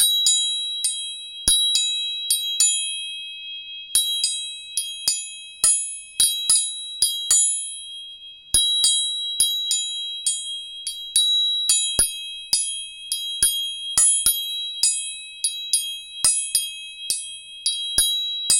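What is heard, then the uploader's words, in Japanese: Three tuning forks are struck over and over at an uneven, quick pace, each sharp tap leaving bright, high tones that ring on steadily between hits. 音叉チューニング3本。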